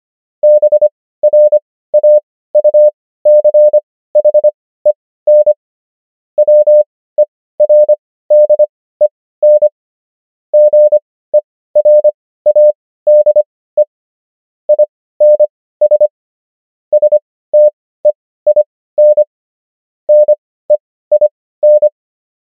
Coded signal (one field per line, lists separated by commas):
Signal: Morse code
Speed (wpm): 25 wpm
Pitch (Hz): 600 Hz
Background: none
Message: BRAUCHEN WERDEN GERADE INS STEIN NEIN